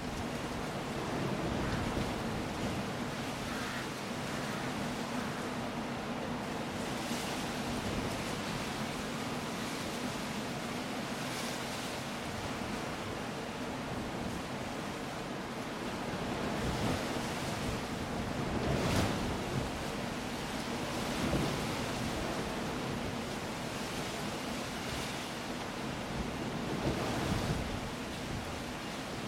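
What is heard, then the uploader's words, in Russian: A stormy sea roars steadily along the coast in a dense, unbroken wash of noise with a heavy low rumble. Louder waves surge through every few seconds, most strongly near 19 and 27 seconds, while a fine hiss like rain runs underneath throughout. Звуки сна во время бури на побережье. Бурное побережье южных берегов Англии. Погрузитесь в нежное колыбельное бурного шторма, в то время как волны бьются о грубые скалы, а дождь танцует на земле. Пусть ритмичные звуки капель дождя и умиротворяющая мелодия бурного моря.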